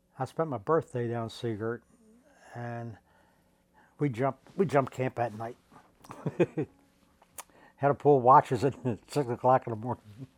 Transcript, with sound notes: spent my birthday down in Sea Girt. And we jumped — we jumped camp at night. [chuckles] Had to pull watches at six o'clock in the morning.